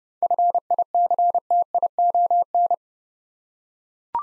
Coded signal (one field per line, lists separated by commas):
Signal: Morse code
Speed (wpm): 31 wpm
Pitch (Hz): 700 Hz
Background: none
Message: FICTION